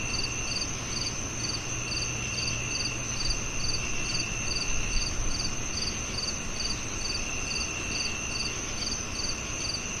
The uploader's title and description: Relaxing Nature Sounds On A Peaceful Night. In the distance, crickets sing in a harmonious chorus, their gentle chirps weaving seamlessly into the quiet symphony.